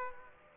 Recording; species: mosquito wingbeat signal from an infrared sensor; Aedes aegypti